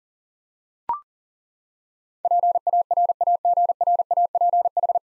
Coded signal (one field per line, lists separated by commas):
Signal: Morse code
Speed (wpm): 40 wpm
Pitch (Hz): 700 Hz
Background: none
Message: PARAGRAPH